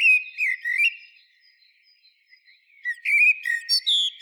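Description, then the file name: Eurasian blackbird giving rich whistled phrases broken by squeaky twitters, a short soft interval, then another lively phrase with high chattering notes. "Turdus merula"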